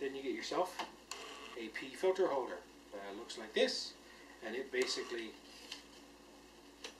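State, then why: Seated. Someone talks while a square P filter holder is slid onto the adapter ring screwed to the front of a camera lens. Two short ticks follow, at about 5.7 s and 6.9 s. The later tick at 6.9 s is the holder snapping in place, seated on the ring.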